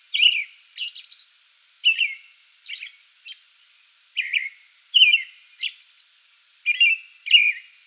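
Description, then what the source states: American robin singing slurred, whistled caroling phrases with occasional high, wispy notes, separated by short pauses. Pre-dawn song bout, recorded 8 May 2022.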